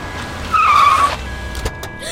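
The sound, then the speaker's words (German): A car brakes hard, its tires letting out a loud, high screech for about half a second over a low engine rumble, followed by a brief thud. “Los, halt den Wagen an.”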